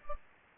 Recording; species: mosquito wingbeat signal from an infrared sensor; Culex pipiens